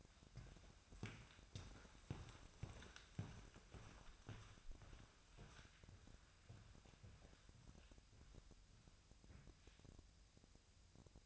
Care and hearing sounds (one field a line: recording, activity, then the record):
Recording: daily activity, microphone in the room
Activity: walk to room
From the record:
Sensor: 2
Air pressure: 999.3 hPa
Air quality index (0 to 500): 192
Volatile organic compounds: 25 ppm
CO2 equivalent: 2846 ppm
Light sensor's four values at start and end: 7/16/6/7 and 7/17/7/7